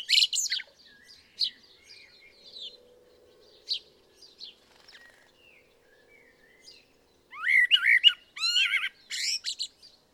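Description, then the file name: Common blackbird: a short loud burst, then soft scattered chips and squeaks for several seconds, then a loud closing run of warbled notes. "Turdus merula"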